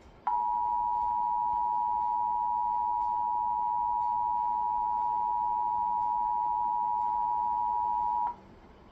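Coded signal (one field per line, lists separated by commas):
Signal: Emergency Alert System (SAME) tones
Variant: 853 and 960 Hz attention tone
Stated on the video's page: National EAS test conducted on WJZ television.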